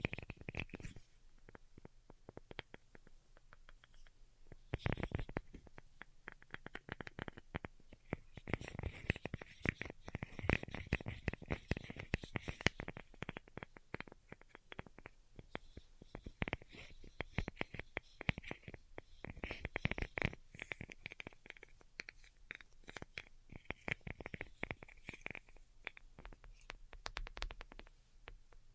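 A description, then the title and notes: Delicate tapping runs throughout as dense, quick, irregular clicks, thickening into busier clusters around 5, 9–12 and 20 seconds. ASMR DELICATE Tapping for Sleep (No Talking).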